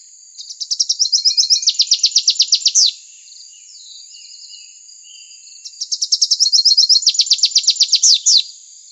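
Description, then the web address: Rufous-capped warbler song: two bursts of rapid high chips, each speeding into a run of buzzy downslurred notes, with a pause between, over a thin steady high hiss. Arizona. "Other Warblers. deviche"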